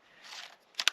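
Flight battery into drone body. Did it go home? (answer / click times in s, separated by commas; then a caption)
yes / 0.8 s, 0.9 s. An intelligent flight battery slides into the back of a Mavic 3 drone body with a soft, broad rustling scrape. Two sharp clicks follow at 0.8 s and 0.9 s, the second louder. The battery latches firmly into place.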